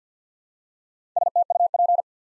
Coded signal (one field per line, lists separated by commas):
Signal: Morse code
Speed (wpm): 48 wpm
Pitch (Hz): 700 Hz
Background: none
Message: STUP